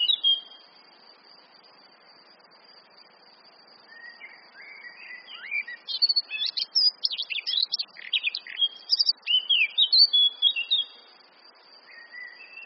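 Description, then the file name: Eurasian blackcap giving a brief note, then a quiet spell with a few soft notes, before bursting into a fast, varied warble of chattering and clear whistles lasting several seconds. "Sylvia atricapilla"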